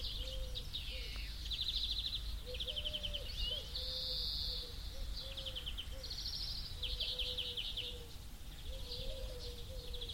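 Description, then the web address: Turtle dove, soft rolling purrs repeated throughout, mixed with busy high-pitched trilling and chirping birds. Turtle doves with other birds. "birds and turtledoves loop"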